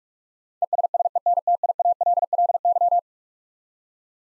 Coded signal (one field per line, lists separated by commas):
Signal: Morse code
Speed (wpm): 46 wpm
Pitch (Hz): 700 Hz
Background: none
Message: ESSENTIALLY